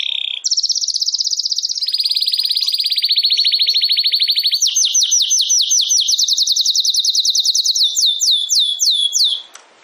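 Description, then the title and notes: Domestic canary singing continuous rapid trills, shifting from a low rattle to higher pulsed tours and ending in repeated down-slurred notes. Belgian canary (Campainha) singing. "Canário Belga Campainha Canary Singing. Canario Belga Cantando"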